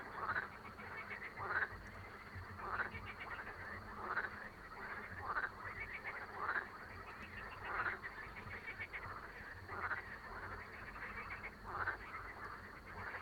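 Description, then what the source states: Frogs in a babbling chorus, rattling croaks swelling in repeated bursts over a steady low hum. A babble of many frogs calling together.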